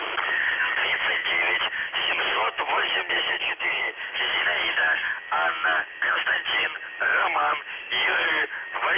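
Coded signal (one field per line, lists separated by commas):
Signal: numbers station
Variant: UVB-76 voice message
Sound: a voice reading words over a narrow, muffled radio channel, no buzzing heard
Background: radio static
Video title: The Buzzer/UVB-76 Voice Message (November 25, 2020 10:24 UTC)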